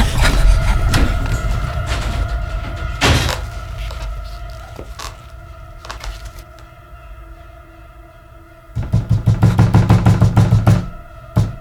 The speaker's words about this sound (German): Plötzlich hörten die Jungs ein Geräusch an der Wohnungstür. Da will jemand einbrechen.